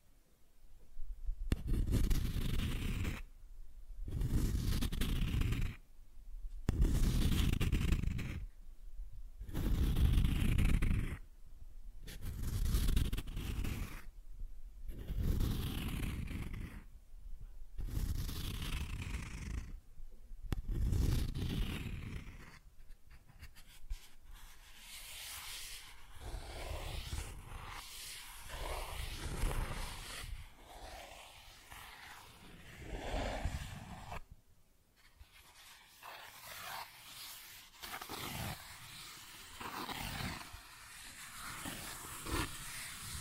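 Cardboard being scratched and torn in a series of loud, rough strokes, each lasting about a second with short silent gaps between, for roughly the first twenty seconds. After that the scraping turns quieter and more continuous, a steady rasping tracing with brief pauses.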